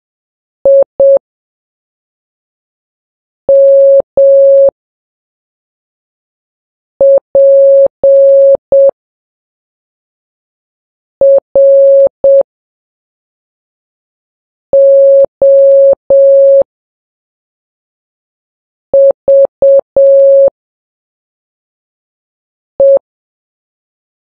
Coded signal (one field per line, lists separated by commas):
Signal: Morse code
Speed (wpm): 7 wpm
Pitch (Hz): 550 Hz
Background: none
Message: IMPROVE